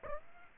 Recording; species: mosquito wingbeat signal from an infrared sensor; Aedes aegypti